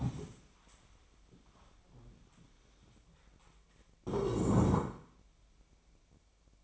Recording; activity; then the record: daily activity, microphone in the room; stand up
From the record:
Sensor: 1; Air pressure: 1000.4 hPa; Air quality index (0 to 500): 174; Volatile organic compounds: 4 ppm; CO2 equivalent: 1612 ppm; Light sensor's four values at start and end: 13/31/13/15 and 13/31/13/15